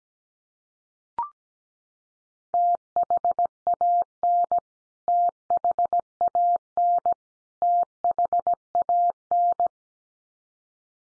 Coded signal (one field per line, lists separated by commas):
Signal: Morse code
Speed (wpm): 17 wpm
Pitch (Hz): 700 Hz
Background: none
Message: THAN THAN THAN